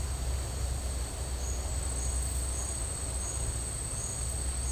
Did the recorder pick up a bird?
no